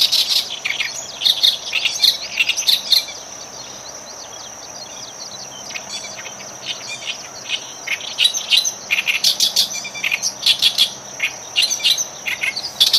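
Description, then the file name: Oriental reed warbler harsh chattering song in two spells separated by a quiet pause, accompanied by a continuous high insect whine. Recorded 12 June 2011. "110612 keri yosikiri"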